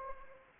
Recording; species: mosquito wingbeat signal from an infrared sensor; Anopheles arabiensis